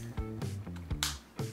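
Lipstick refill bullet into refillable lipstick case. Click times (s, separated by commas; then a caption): 1.0 s. A refillable lipstick bullet is pushed into its plastic/metal refillable case base over a steady musical hum with soft handling taps. One sharp, loud click rings out at 1.0 s, and the refill seats in the case.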